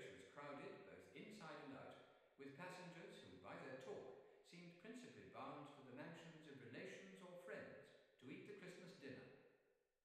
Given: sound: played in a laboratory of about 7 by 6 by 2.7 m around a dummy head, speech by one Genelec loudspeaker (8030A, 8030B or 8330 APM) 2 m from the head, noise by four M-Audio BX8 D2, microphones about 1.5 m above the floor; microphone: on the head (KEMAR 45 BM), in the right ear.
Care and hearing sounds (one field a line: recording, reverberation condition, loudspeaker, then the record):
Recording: male speech in English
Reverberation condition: high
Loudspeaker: 150 degrees to the right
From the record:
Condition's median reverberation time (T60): about 1300 ms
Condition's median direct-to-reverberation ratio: about -4.0 dB